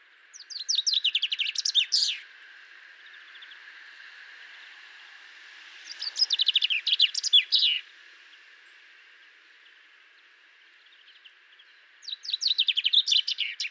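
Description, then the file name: Common chaffinch repeating its song three times, each a falling cascade of sharp notes ending in an emphatic flourish, spaced about six seconds apart against steady hum. "Fringilla coelebs"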